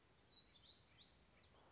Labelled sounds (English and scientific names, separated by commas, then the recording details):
Black-throated Gray Warbler (Setophaga nigrescens)
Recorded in Sonoma County, California